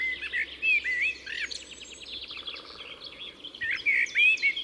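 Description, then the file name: Common blackbird giving rich whistled phrases with squeaky high endings, one at the start and one near the end, softer high-pitched chirps in between. "Turdus merula"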